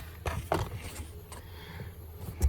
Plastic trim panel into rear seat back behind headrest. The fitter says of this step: of the headrest center headrest and it goes in there and just snaps in place